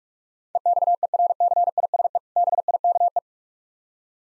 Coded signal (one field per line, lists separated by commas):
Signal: Morse code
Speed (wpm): 46 wpm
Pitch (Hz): 700 Hz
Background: none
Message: EXERCISE BIKE